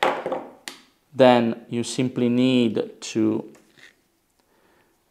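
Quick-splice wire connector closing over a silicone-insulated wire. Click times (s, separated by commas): 0.0 s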